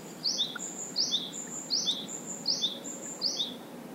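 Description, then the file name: Japanese tit calls: high two-part notes, each a thin falling chirp linked to a steady high whine, repeated about every three quarters of a second over constant background noise. "sijyukara"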